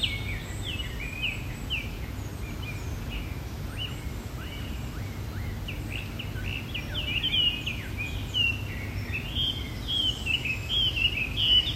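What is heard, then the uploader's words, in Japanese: Lively birdsong of quick, bright chirps and trills runs throughout, growing busier after the midpoint, over a steady low rumbling background noise. 透き通る鳥の歌声3分間〜八ヶ岳の森から。すごく元気に歌う鳥の鳴き声です。ずっと鳴いていました。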